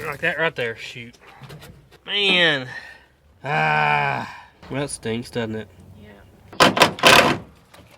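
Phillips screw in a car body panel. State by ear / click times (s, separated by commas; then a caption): stripped / 6.8 s, 7.1 s. Someone talks while turning an old Phillips screw out of the body of a 1964 Ford station wagon with a screwdriver or bit, Phillips heads being prone to stripping badly. Sharp metallic slips at 6.8 s and 7.1 s mark the screw head stripping out right away.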